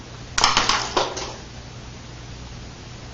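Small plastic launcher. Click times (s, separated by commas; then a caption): 0.4 s. On a LEGO 8037 Anakin's Y-Wing Starfighter, a brick-built starfighter, the droid figure is pushed down, triggering the spring launcher to release the plastic torpedo with a sharp snap at 0.4 s. The torpedo then clatters on the table in a few quick bright hits before fading to quiet background. The torpedo is fired.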